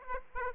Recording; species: mosquito wingbeat signal from an infrared sensor; Aedes aegypti